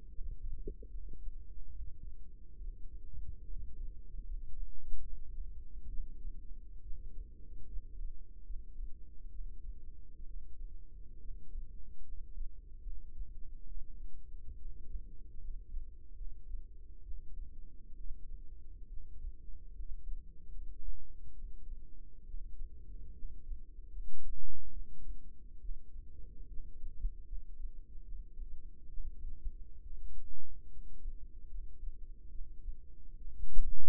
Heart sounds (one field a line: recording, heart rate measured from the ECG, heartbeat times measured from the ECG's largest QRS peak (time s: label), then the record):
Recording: heart sounds by microphone in the right ear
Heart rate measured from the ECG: 71 bpm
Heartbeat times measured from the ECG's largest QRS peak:
0.10 s: heartbeat
0.89 s: heartbeat
1.70 s: heartbeat
2.57 s: heartbeat
3.46 s: heartbeat
4.25 s: heartbeat
5.02 s: heartbeat
5.89 s: heartbeat
6.83 s: heartbeat
7.68 s: heartbeat
8.45 s: heartbeat
9.31 s: heartbeat
10.26 s: heartbeat
11.20 s: heartbeat
12.03 s: heartbeat
12.82 s: heartbeat
13.67 s: heartbeat
14.58 s: heartbeat
15.39 s: heartbeat
16.16 s: heartbeat
17.04 s: heartbeat
17.96 s: heartbeat
18.89 s: heartbeat
19.74 s: heartbeat
20.50 s: heartbeat
21.34 s: heartbeat
22.26 s: heartbeat
23.14 s: heartbeat
23.91 s: heartbeat
24.72 s: heartbeat
25.61 s: heartbeat
26.49 s: heartbeat
27.26 s: heartbeat
28.04 s: heartbeat
28.89 s: heartbeat
29.83 s: heartbeat
30.71 s: heartbeat
31.50 s: heartbeat
32.30 s: heartbeat
33.17 s: heartbeat
From the record:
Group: healthy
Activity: rest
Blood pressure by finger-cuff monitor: 136/61 mmHg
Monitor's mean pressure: 82 mmHg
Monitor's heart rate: 70 bpm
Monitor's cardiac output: 7.7 L/min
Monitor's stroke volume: 108 mL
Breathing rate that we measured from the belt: 16 breaths a minute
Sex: female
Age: 22 years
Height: 160 cm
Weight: 63 kg